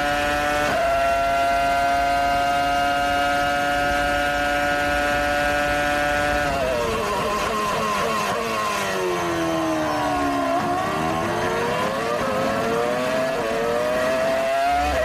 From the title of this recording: Formula One Race Car